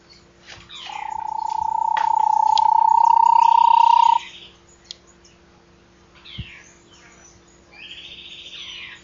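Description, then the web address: Bahia tapaculo delivering a low, fast trill that climbs slightly and strengthens over about three seconds, followed by quieter, higher notes. "Bahia tapaculo. صدای-پرنده-تپلک-باهیا"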